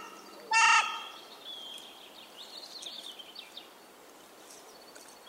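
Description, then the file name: Carrion crow giving one short, loud harmonic call near the start, followed by faint high twittering over a soft background hiss. "corneille noire"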